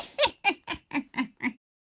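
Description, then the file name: Eurasian jay calls: a rapid, even series of six short, gravelly chuckling notes, fading slightly toward the end. Recorded 28 February 2019. "geai"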